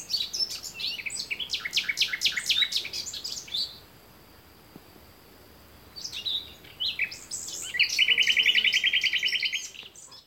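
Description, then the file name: Common nightingale song: rapid repeated sharp notes, a pause, then varied phrases ending in a fast, even, rattling trill of identical notes. "Luscinia megarhynchos"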